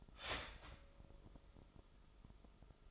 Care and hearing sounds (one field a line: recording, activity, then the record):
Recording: daily activity, microphone in the room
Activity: start toaster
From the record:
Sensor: 5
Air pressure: 988.6 hPa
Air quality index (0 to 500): 227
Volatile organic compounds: 157 ppm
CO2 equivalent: 4051 ppm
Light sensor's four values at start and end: 40/124/48/52 and 40/124/48/52